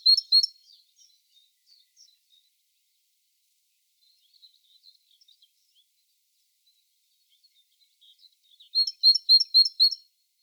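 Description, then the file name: Great tit calls: a pair of sharp high notes at the start, scattered faint chips, then a quick run of several clipped, ringing notes near the end; otherwise quiet. "Parus major"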